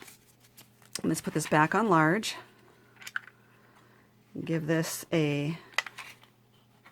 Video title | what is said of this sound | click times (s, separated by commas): Staple Board Demo: Watch to the END | it's locked in place | 5.8 s